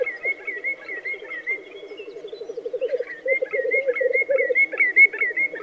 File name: black grouse bird song